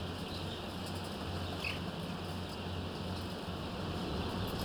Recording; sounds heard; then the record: poultry house recording; healthy chickens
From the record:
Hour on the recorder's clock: 18